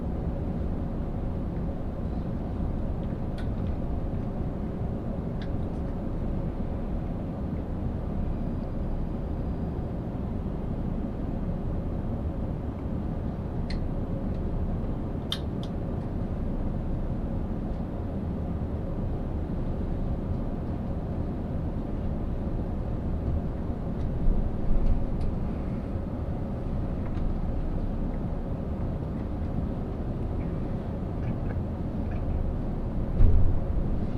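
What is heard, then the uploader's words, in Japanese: A steady, dense low rumble from inside the Ishizuchi limited express train on the Yosan Line, running from Imaizumi toward Matsuyama. The drone holds even throughout, with faint sharp clicks and ticks scattered over it and a couple of slightly louder knocks near 24 and 33 seconds. 列車はアンパンマン編成の5両で4両が自由席になります。停車駅は伊予北条のみで35分くらいノンストップになります。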